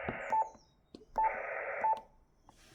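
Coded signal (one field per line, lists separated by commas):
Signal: none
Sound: radio's key beeps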